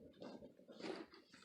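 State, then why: Not seated. The .22 magazine from a Smith and Wesson 1522p pistol is handled and pushed toward the magwell of the full-size Smith and Wesson 1522 rifle, producing soft handling noises with short bursts at about 0.2 s and 1.1 s. The magazine does lock into the rifle's magwell catch, but nothing has seated or clicked yet in this clip.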